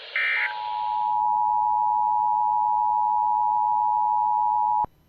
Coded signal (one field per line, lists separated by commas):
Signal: Emergency Alert System (SAME) tones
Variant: 853 and 960 Hz attention tone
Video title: (!EAS 300!) Tests & Weather Alerts from 9/15/2021 (EAS 282-302